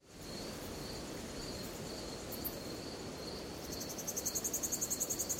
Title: Звуки ночного леса. Звук цикад ночью в лесу